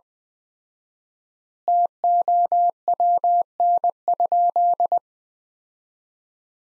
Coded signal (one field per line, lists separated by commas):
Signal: Morse code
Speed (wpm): 20 wpm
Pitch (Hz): 700 Hz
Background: none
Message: TOWN?